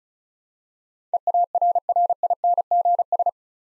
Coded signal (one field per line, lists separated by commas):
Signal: Morse code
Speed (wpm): 34 wpm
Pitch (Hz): 700 Hz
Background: none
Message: EARRINGS